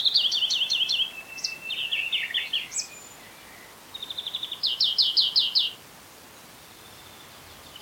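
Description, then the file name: European greenfinch giving rapid trilled twitters around high pitch, several short bursts in the first six seconds with a brief higher note between, then quiet background. "Chloris chloris"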